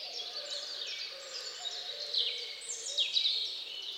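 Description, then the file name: Birds singing together, several high sweeping whistles sliding downward overlap with steady twittering and a low soft warble underneath. Dawn birdsong, nature sounds. "Odgłosy Natury Świt i ptaki"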